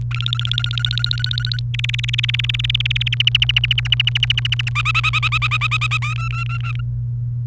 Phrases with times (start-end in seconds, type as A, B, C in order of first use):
0.11-1.59 A, 1.74-3.14 B, 3.20-4.69 C, 4.75-5.97 D, 6.02-6.81 E